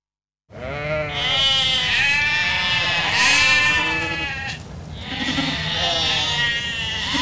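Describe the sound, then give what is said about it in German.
Hungry lambs bleat insistently in overlapping, wavering high-pitched cries that run almost continuously, one call blending into the next with only a brief dip before the bleating swells again. “jagte ich sie weg, saugten sie am schmutzigen Saum und liefen hinter mir her. Sie hatten Hunger.”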